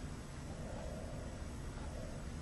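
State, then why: Not seated. An inner cannula is slid into a tracheostomy outer tube and positioned at 6 o'clock, not yet turned clockwise to lock. Only a steady, broadband background hiss is heard, with no distinct sudden sounds. Nothing has clicked or locked yet.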